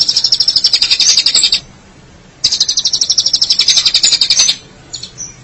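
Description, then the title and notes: Long-tailed Shrike song: two bursts of rapid, high, buzzy repeated notes separated by a short pause, with a few softer notes at the end. "Suara burung pentet"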